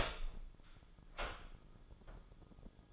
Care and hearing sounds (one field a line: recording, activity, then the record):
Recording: daily activity, microphone in the room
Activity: open door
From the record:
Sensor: 5